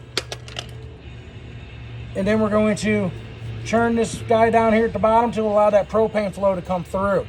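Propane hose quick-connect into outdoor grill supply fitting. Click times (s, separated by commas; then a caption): 0.2 s. A propane hose quick-connect fitting is pushed back and slid to lock onto the outdoor grill supply fitting of a 2022 Forest River Salem Hemisphere Hyper-Lyte 26BHHL. A sharp metallic click at 0.2 s marks it locking in, followed by a few lighter clicks. Then someone talks.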